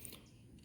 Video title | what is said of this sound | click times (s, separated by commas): DJI OSMO ACTION UNBOXING AND REVIEW-MALAYALAM- SUJAY MITHU | ഇതായത് ഉണക്ക് വെച്ചിട്ട് just ഒന്ന് റൊട്ടേറ്റ് ചെയ്ത് ഒരു ടിക്ക് എന്നുള്ളൊരു ശബ്ദം കേൾക്കും. അതാണ് ഇതിൻ്റെ ലോക്ക് വീഴുന്ന ശബ്ദം. | 0.0 s